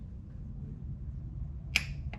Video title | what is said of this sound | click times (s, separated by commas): Installing Borg Warner turbo and FullTilt manifold on a 3406E model caterpillar. Peterbilt 379 | soon as you hear it break you'll hear that click | 1.8 s